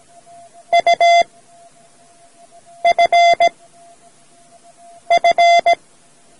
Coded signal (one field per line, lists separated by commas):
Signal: Morse code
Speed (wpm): 17 wpm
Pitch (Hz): 690 Hz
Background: none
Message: U F F